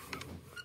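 On the hidden far side of a Miele washing machine motor, a carbon brush in its brush holder is pressed by feel until it releases. A sharp click sounds at 0.1 s, followed by a softer click at 0.2 s over a low, steady hum. The second carbon brush clicks free.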